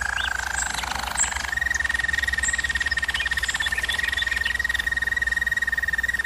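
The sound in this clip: Bird giving one long, unbroken rapid trill on a nearly level whistled pitch after a brief lower phrase, with a constant low hum in the background.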